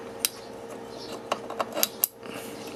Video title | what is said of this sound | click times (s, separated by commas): 소총 조립 : AR 15 반자동 소총 부품을 사서 처음으로 조립하는 영상 | Hear it click. | 2.0 s